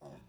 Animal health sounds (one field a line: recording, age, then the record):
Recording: pig call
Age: piglet (1 to 25 days)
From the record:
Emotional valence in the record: negative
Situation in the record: restrain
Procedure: sham castration, cut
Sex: male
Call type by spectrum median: low-frequency call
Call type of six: low-frequency stable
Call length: 0.29 s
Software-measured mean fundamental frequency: 65 Hz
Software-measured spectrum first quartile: 219 Hz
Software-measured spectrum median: 461 Hz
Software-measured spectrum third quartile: 811 Hz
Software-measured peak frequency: 626 Hz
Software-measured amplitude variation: 118 dB a second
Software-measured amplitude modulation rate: 24.3 a second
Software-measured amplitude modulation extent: 4.9 dB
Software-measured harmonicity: 0.0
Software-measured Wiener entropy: -0.06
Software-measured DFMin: 750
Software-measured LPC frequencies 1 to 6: 658, 2563, 3581, 4996, 5753, 7261 Hz